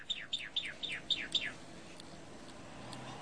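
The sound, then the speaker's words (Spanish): A chalk-browed mockingbird (Mimus saturninus), a grey mimic bird, sings a quick run of six evenly spaced, high whistled notes, each sliding downward in pitch, followed by a quieter stretch of faint background hiss. “la calandria se llama Mimus saturninus.”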